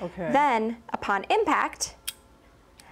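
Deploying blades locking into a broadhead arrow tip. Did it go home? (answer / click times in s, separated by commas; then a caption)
yes / 2.8 s. Someone talks about a mechanical broadhead arrow tip, then a second set of its blades swings out and locks in place, as designed to happen upon impact. A single short, sharp tick marks the blades locking at 2.8 s.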